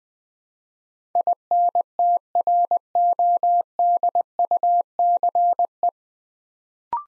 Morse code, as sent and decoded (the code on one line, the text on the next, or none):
.. -. - .-. --- -.. ..- -.-. .
INTRODUCE